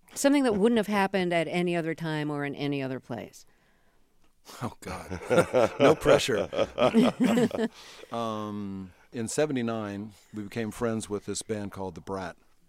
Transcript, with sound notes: something that wouldn't have happened at any other time or in any other place?
(LAUGHTER)
Oh God, no pressure.
(LAUGHTER)
In '79, we became friends with this band called The Brat.